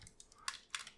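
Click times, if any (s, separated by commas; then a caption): 0.5 s, 0.8 s. An attachment part is lined up and clicked into place on a Soul of Chogokin GX-78 Dragonzord toy figure, with light plastic ticks around it. Two sharp clicks at 0.5 s and 0.8 s mark the part seating firmly into place.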